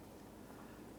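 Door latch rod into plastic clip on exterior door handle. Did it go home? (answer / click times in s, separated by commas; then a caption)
no / none. A door latch rod is handled near its plastic retaining clip on the front exterior door handle of a 2003-2011 Honda Element during a handle replacement. Only a steady, broadband rumbling noise with a low hum is heard, with no sharp transients. The rod has not clicked into the clip yet, and nothing has seated.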